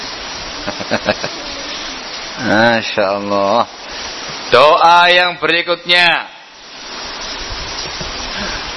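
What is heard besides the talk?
heavy rain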